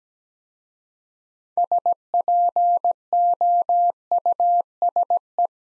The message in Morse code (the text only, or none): SPOUSE